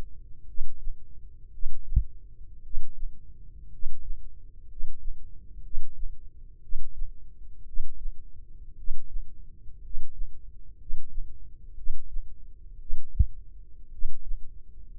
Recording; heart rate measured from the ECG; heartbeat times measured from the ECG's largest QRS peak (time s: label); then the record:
heart sounds by microphone in the left ear; 58 bpm
0.45 s: heartbeat
1.50 s: heartbeat
2.61 s: heartbeat
3.68 s: heartbeat
4.66 s: heartbeat
5.61 s: heartbeat
6.59 s: heartbeat
7.63 s: heartbeat
8.74 s: heartbeat
9.80 s: heartbeat
10.76 s: heartbeat
11.74 s: heartbeat
12.77 s: heartbeat
13.89 s: heartbeat
From the record:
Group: healthy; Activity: rest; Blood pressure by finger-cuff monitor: 95/48 mmHg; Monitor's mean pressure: 60 mmHg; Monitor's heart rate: 58 bpm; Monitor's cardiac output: 5.2 L/min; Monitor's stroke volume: 87 mL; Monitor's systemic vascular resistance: 820 dyn s/cm5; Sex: male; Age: 25 years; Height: 170 cm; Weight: 70.4 kg